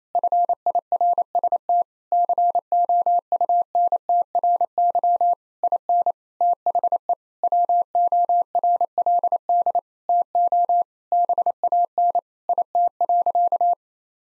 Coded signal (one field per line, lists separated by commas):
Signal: Morse code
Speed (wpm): 28 wpm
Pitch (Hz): 700 Hz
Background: none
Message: FIRST COUNTRY IN THE WORLD TO BAN IT.